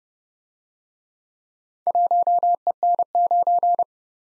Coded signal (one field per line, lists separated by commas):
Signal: Morse code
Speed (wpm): 30 wpm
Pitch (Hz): 700 Hz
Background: none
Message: 1EN9